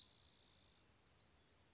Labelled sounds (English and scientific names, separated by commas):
Spotted Towhee (Pipilo maculatus)